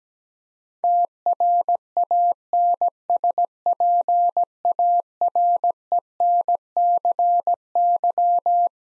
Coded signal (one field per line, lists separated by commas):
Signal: Morse code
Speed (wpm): 17 wpm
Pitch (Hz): 700 Hz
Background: none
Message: TRANSPARENCY